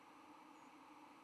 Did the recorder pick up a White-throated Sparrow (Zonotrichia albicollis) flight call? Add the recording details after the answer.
yes. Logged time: 05:34 on 10 November 2014